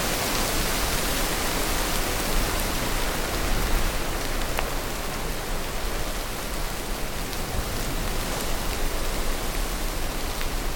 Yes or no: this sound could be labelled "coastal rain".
yes